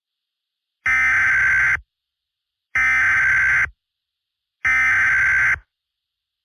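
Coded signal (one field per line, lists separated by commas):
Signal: Emergency Alert System (SAME) tones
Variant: header bursts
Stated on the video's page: This is a fictional EAS scenario.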